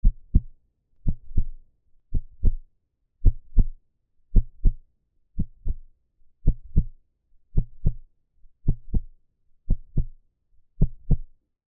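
A steady heartbeat at about 55 beats per minute, each beat a low, paired lub-dub thump.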